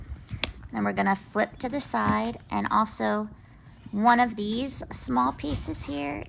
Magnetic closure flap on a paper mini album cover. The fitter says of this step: But you should still be able to hear it snap close.